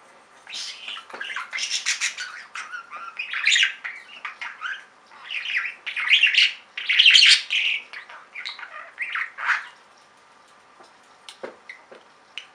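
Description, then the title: Budgerigar chattering, bursts of raspy warbles and squeaks in rising and falling waves, trailing off into sparse chirps near the end. "Budgie Sounds"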